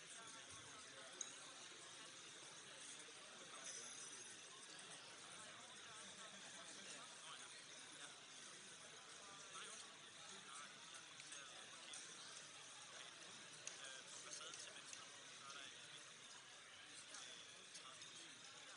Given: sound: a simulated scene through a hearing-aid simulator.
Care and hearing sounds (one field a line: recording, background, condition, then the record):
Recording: conversation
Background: cafeteria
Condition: -6 dB SNR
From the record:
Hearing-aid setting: anchor resembling a broken hearing aid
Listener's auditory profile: C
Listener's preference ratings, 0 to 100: 1, 0, 1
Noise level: 65 dB SPL